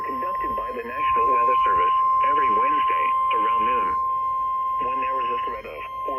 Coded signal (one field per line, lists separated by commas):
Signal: Emergency Alert System (SAME) tones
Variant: 1050 Hz attention tone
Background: speech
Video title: Required Weekly Tests EAS 111-112